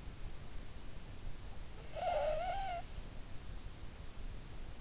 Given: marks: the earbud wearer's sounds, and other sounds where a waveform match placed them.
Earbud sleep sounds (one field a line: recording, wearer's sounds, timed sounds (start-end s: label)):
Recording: sounds in sleep by an in-ear microphone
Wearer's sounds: snoring breath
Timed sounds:
1.06-3.51 s: snoring breath